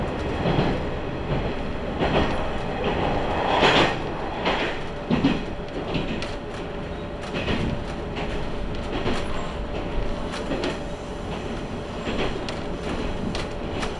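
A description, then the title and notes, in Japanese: Inside a Tenryu Hamanako Railway train, a steady rumbling hum carries regular clickety-clack wheel beats, with a faint sustained tone running beneath throughout. 天竜浜名湖鉄道 天竜二俣→森町病院前→遠江一宮。天竜二俣でかなり降りて空いた車内。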